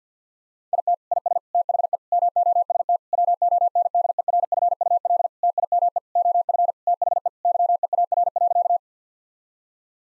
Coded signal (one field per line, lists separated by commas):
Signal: Morse code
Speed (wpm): 50 wpm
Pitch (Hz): 700 Hz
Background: none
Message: IT IS THE MOST WONDERFUL TIME OF THE YEAR.